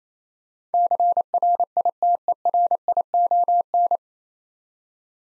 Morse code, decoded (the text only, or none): CRITERION